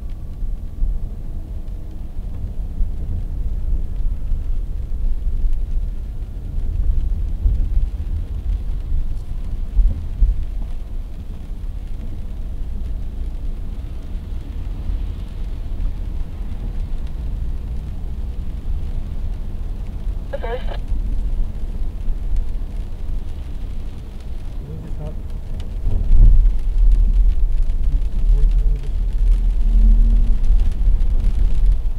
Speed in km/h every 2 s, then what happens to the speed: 31, 32, 34, 35, 35, 33, 36, 35, 37, 40, 40, 41, 43, 43, 43, 42.
0-32 speeds up to 42.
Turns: none.